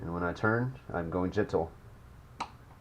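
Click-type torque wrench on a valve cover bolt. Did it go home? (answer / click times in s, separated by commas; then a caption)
yes / 2.4 s. A quarter-inch click-type torque wrench set to 83 inch-pounds gently tightens a valve cover bolt on a 2013-2017 Honda Accord 2.4 during a valve cover gasket swap while someone talks. A single sharp click sounds at 2.4 s, signaling that the torque spec has been reached.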